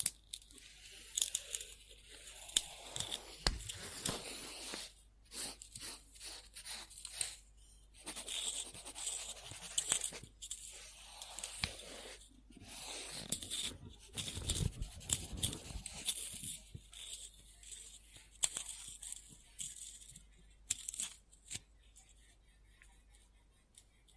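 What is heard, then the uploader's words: Pencil or pen scribbling on paper, in bursts of dry scratchy strokes separated by short pauses. Strokes vary in speed and pressure, with a few sharper taps and rustles of the page. Scribbling On Paper.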